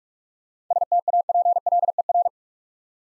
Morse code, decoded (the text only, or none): STAPLER